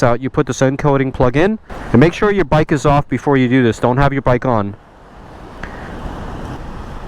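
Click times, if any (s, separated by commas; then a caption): none. Someone talks while handling the plastic coding plug for a 2020 BMW F900R motorcycle, about to push it into its wiring socket with the bike switched off. After the talking stops at about 4.8 s, a low steady background noise continues, broken by one brief sharp tick at 5.6 s. Nothing has seated or clicked into place yet.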